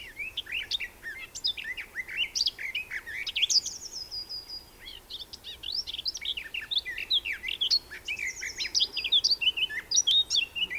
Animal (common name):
Garden Warbler